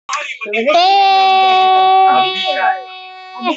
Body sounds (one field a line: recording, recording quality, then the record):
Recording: sustained vowel as in made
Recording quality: moderate, slight background noise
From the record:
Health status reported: healthy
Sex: female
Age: 22 years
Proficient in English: yes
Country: India